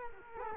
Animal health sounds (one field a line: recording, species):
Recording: mosquito wingbeat signal from an infrared sensor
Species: Culex quinquefasciatus